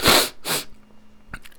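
Two sharp, hissing sneeze bursts in quick succession from an adult who is a little stuffy from the snow, then quiet room noise before another sharp burst begins.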